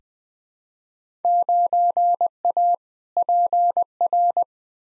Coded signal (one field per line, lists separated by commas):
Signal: Morse code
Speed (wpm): 20 wpm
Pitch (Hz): 700 Hz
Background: none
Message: 9A PR